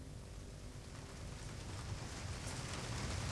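A steady, soft hiss of fine rain falling, a dense, even patter that swells slightly louder as it continues, with no voices present.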